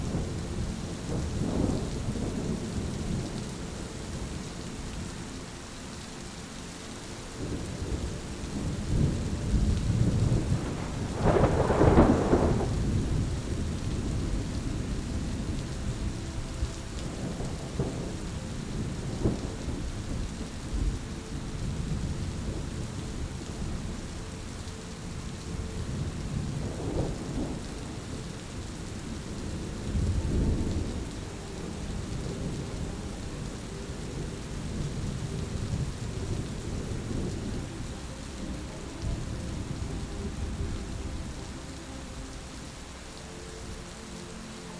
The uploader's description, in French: la musique envoûtante et le grondement captivant de l'orage